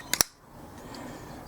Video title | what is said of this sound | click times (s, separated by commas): Spyderco Manix2 XL: Almost Perfect | you can hear it click in there very very nicely | 0.1 s, 0.2 s